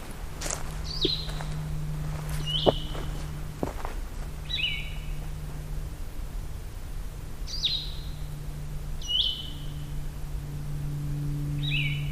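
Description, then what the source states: Blue-headed Vireo song: several sweet, short slurred phrases with pauses between, with rustling footsteps and a faint hum. Recorded in the Allegheny National Forest; song described as similar to the Red-eyed Vireo's but a lot sweeter sounding.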